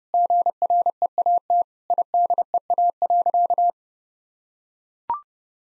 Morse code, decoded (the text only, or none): GREAT IDEA.